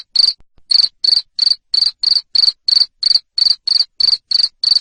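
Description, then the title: Cricket chirps, piercing high pulses at a brisk even pace after a short gap at the start. Loud cricket chirping (ngerik), used to make lovebirds keep singing their ngekek song. "Suara JANGKRIK NGERIK Keras Bikin LOVEBIRD Jadi NGEKEK Terus Vubey"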